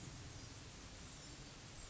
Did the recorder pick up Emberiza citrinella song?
no